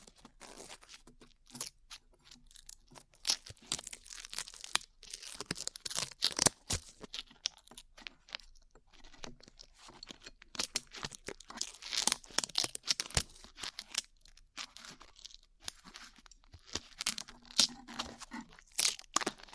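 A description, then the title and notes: Dried glue being peeled off skin makes dense, irregular crackling and tearing, with sharp bright snaps arriving in quick clusters throughout. Brief pauses separate some bursts, and a faint low hum appears near the end. ASMR Peeling Glue Off Your Ears (No Talking).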